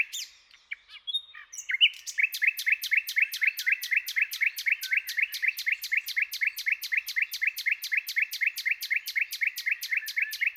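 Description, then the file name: Common nightingale song: after a few varied notes, a long steady series of loud, sharp repeated chirps, about four per second. "Luscinia megarhynchos"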